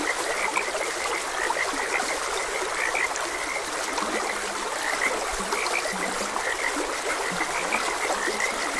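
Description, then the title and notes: Frogs croaking repeatedly, with occasional deeper calls, over a continuous wash of running water. Frogs croaking beside a gentle stream; continuous nature ambience. "Gentle Stream and Frogs Croaking - 4 Hr Calming Sounds of Nature |Ep56. Sleep and Relaxation Podcast"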